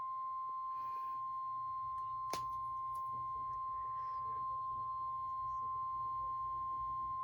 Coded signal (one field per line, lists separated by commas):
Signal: Emergency Alert System (SAME) tones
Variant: 1050 Hz attention tone